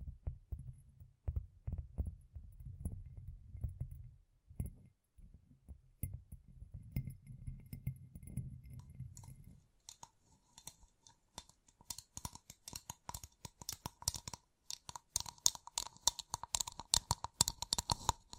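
Fingertips tap and scratch across gem-covered surfaces in a steady run of quick, dense clicks. For the first ten seconds the sound stays dull and low, then it turns bright and crisp, with sharp glassy ticks and scratches coming faster and louder until the end.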